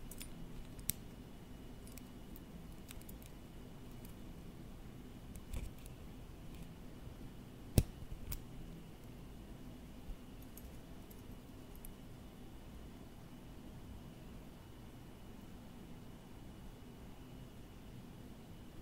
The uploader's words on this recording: Close-up Tapping & Tracing Office Objects. Gusti was at the office and he found a lot of interesting objects to tap or to trace on.